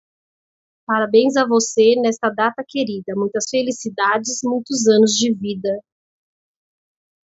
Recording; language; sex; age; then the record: short text; Brazilian Portuguese; female; 40 to 49 years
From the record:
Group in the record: control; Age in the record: 44 years